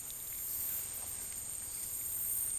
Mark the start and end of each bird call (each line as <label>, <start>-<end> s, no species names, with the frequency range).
bird call (3.8-5.6 kHz), 1.57-2.05 s